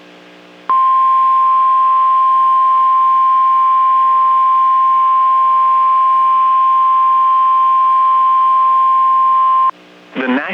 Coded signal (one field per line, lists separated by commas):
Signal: Emergency Alert System (SAME) tones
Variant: 1050 Hz attention tone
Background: speech